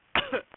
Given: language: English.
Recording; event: throat vibration sensor signal played as sound; cough